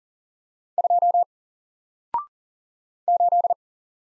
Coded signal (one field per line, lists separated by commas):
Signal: Morse code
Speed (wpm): 40 wpm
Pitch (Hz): 700 Hz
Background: none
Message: 2 8